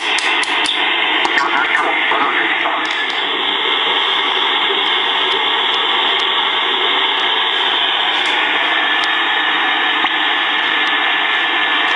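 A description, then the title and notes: Static hiss from a shortwave tube tuner being scanned across the band, a dense, steady rush concentrated in the middle and upper range. Brief clicks and crackles flicker through it, clustered in the first three seconds and scattered sparsely afterward. Tuning in the digital tube tuner on the 1.5 to 30 megacycles band in the USB/LSB/CW/AM/FM set.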